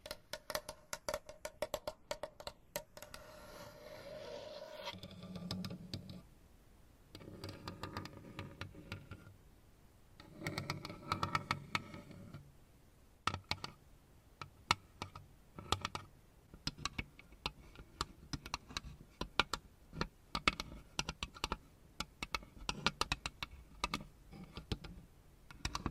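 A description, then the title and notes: Gentle tapping and scratching fill the clip, a dense patter of quick clicks much like typing on a keyboard. Soft low rustles swell around 5, 11 and 13 seconds, and the tapping turns faster and sharper in the second half. ASMR Tingly Gentle Tapping & Scratching to Help You Fall Asleep No Talking.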